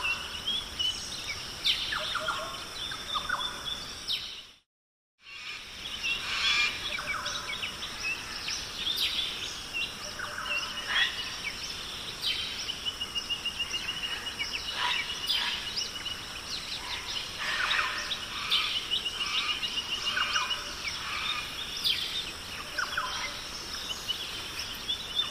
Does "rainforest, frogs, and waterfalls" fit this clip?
yes